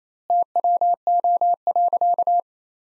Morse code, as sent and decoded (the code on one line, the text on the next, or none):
- .-- --- .-.-.-
TWO.